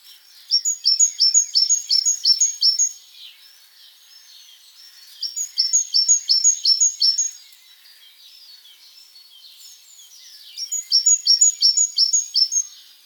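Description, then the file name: Great tit song in three bursts of rapid, chiming repeated notes, with faint background chatter between bursts. "Parus major"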